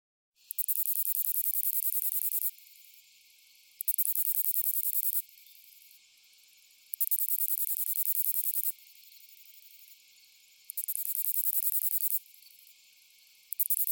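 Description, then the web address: Lesser pine katydid singing, a very high hissing buzz in phrases of roughly one and a half to two seconds, separated by quieter ticking stretches, in a regular cycle. "Crickets and Katydids. Lesser Pine Katydid, Orchelimum minor"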